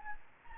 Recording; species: mosquito wingbeat signal from an infrared sensor; Anopheles gambiae